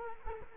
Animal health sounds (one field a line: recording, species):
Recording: mosquito wingbeat signal from an infrared sensor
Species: Culex quinquefasciatus